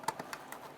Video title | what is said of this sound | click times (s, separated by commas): How to Replace Tail Lights 2002-2008 Dodge Ram 1500 | you can feel it in here it snap into place | 0.1 s